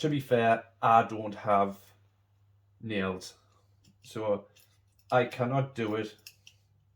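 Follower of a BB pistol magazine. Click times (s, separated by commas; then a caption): 6.5 s. Someone talks while the spring follower of a Remington 1911 Tactical BB pistol magazine is slid down by hand into its held-back loading position. A single short, sharp click at 6.5 s marks the follower locking in place.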